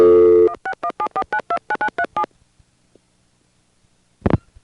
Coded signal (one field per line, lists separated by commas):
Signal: DTMF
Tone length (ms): 80 ms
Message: 16174929937